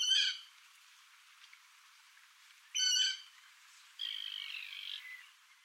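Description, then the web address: Common moorhen calls: two loud, harsh squawking notes followed by a longer, slurred, descending croak. "Vogelraetsel 3. Rohrhenne"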